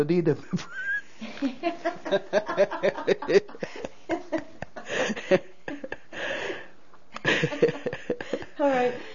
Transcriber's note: they laugh